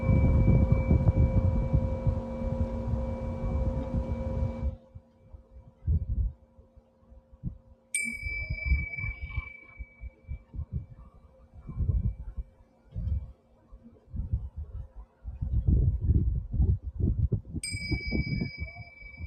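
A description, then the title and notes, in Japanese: Singing bowls ring with long, steady tones, a low hum and a brighter high note, sustained throughout. Fresh strikes land near eight and seventeen seconds, adding a shimmering top. Soft, irregular low thumps come and go beneath, after a dense rumbling first five seconds. メキシコから シンギングボウルのサウンドヒーリング ライブ。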